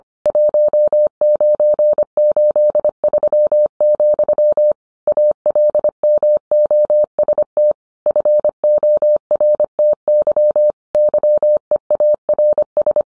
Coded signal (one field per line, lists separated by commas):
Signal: Morse code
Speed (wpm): 25 wpm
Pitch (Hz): 600 Hz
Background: none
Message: 1983, ALMOST FORTY YEARS